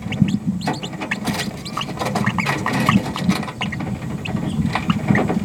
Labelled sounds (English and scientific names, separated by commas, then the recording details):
Green-rumped Parrotlet (Forpus passerinus) babbling
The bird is a female
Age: 30 days
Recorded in a nest box in Venezuela
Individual 17B73B2